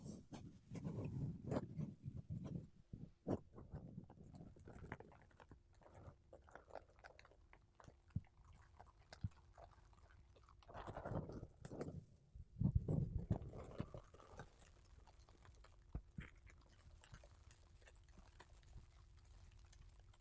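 Makeup brushes and a sponge rub and sweep across a microphone, making soft, low scratchy swishes. The strokes come densely in the first three seconds, thin out into sparse taps and brushes, then swell in a thicker burst around 11 to 14 seconds.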